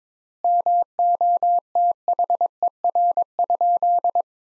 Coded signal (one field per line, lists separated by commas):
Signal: Morse code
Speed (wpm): 22 wpm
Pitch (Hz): 700 Hz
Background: none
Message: MOTHER?